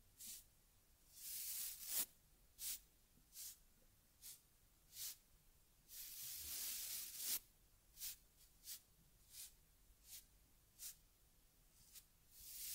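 Brushing and combing strokes on a teddy bear's fur, each a soft, bright hiss high up with little low end. The strokes come about every second, some short and some drawn out, with a longer sweep near six seconds and faint ticks between.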